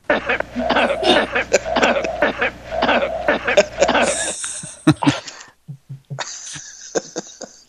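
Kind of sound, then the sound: human body sound, coughing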